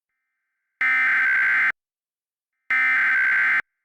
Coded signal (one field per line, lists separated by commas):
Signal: Emergency Alert System (SAME) tones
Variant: header bursts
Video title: VALID TONES "The Flood" an EAS Reenactment Scenario